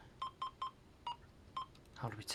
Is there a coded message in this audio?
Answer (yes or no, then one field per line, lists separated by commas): no